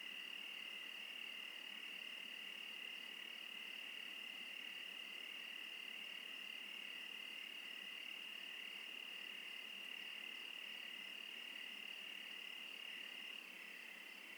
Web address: Discover Oregon - Wilderness Crickets Crickets. Crickets Interlude